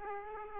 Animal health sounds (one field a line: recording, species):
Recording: mosquito wingbeat signal from an infrared sensor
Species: Aedes aegypti